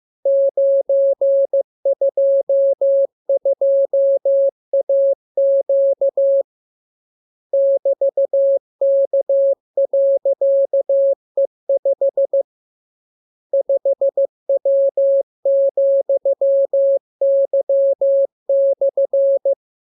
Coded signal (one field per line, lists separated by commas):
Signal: Morse code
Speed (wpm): 15 wpm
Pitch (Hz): 550 Hz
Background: none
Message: 922AQ <BT>K.E5 5W,Y/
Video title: Learning Morse Code. Lesson 27. Letter KMURESNAPTLWI.JZ=FOY,VG5/Q92